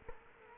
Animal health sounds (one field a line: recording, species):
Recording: mosquito wingbeat signal from an infrared sensor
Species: Culex quinquefasciatus